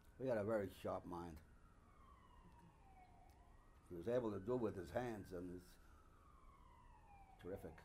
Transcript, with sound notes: He had a very sharp mind.
Uh-huh. (Sounds of sirens in the background)
He was able to do with his hands and it was terrific.